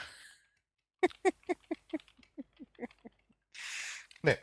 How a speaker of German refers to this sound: Du sollst nicht immer tippen.